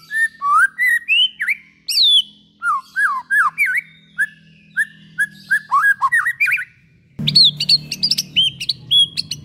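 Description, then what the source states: White-rumped shama song: varied clear whistles, rising and falling phrases and quick slurred notes, then a higher burst of sharp whistled notes near the end over a low hum. Long-duration lure call of white-rumped shama song.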